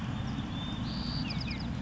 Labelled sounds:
White-crowned Sparrow (Zonotrichia leucophrys)
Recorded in Sonoma County, California

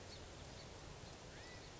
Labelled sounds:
California Quail (Callipepla californica)
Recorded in Sonoma County, California

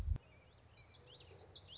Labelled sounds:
Common Yellowthroat (Geothlypis trichas)
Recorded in Sonoma County, California

